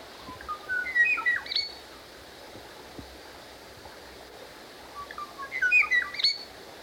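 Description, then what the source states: Kauai oo song: two bursts of clear whistled notes stepping up from low to high, ending in a sharp high note, separated by a few seconds of quiet hiss. Single individual giving its half of the male-female duet; last bird recorded mid-1970s, species believed extinct on Kauai in the mid-1980s.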